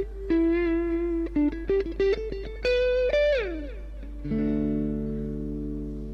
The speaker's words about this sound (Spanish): Hay que probar la reverb, too much, demasiada reverb.